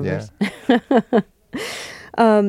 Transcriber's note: soundbite of laughter